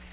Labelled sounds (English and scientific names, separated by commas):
Nashville Warbler (Leiothlypis ruficapilla) flight call